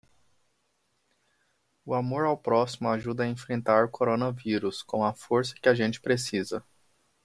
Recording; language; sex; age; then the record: spoken sentence; Brazilian Portuguese; male; 20 to 29 years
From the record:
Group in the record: control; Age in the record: 29 years